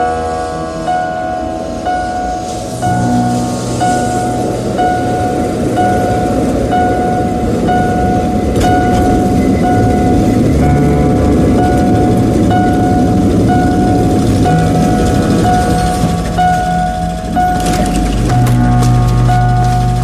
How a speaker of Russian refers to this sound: на трамвае подъезжает к общежитию.